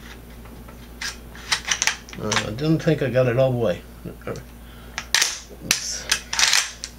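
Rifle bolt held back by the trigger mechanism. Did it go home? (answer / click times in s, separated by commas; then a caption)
yes / 5.1 s, 5.7 s. On an unloaded VEPR rifle with the trigger held down, the bolt is charged rearward until the trigger mechanism catches it. Early on there are scattered metallic clicks and handling noises while someone talks. Sharp clicks at 5.2 s and 5.7 s mark the bolt locking back and staying held back by the trigger mechanism.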